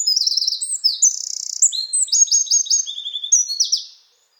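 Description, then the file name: Eurasian wren song of piercing high notes, a dry buzzy trill and rapid chattering phrases, fading out about half a second before the end. "Troglodytes troglodytes"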